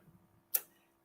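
Someone pushes the button on a plastic auto-injector pen held against the skin, and after a faint low rumble the pen mechanism fires with a sharp, bright click at 0.6 s that quickly fades. This click marks the injection starting; the pen gives two clicks, the second coming shortly after, confirming it has fired.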